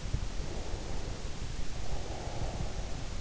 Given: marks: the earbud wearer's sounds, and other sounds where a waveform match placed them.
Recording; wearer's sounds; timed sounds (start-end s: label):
sounds in sleep by an in-ear microphone; breath
0.27-3.20 s: breath